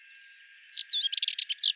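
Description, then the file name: Sardinian warbler song: a short whistled sweep, then quick, dry, scratchy chatter notes running together. "Fauvette melanocephale"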